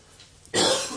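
After a brief quiet moment, a person lets out a sudden, harsh, raspy cough that bursts in loudly and stays rough and breathy to the end, with no talking.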